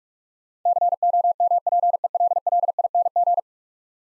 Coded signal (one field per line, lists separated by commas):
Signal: Morse code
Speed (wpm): 46 wpm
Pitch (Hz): 700 Hz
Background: none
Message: COMPELLING